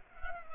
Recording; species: mosquito wingbeat signal from an infrared sensor; Culex pipiens